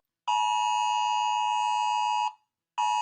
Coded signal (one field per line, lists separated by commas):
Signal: Emergency Alert System (SAME) tones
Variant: 853 and 960 Hz attention tone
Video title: rating EAS Alarm countrys